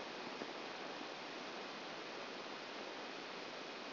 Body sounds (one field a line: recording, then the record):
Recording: brain microelectrode recording played as sound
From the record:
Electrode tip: outside the subthalamic nucleus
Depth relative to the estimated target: -8 mm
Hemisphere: left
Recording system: AlphaMap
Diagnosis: Parkinson's disease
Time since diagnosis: 10 years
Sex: female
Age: 63 years